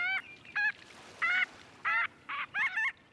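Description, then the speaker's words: Marbled godwit calls, several short, nasal, honking notes in separate bursts with quiet gaps between. Migrating north after wintering along the coasts; most breed in Canada's prairie provinces. "The godwits are on their way north."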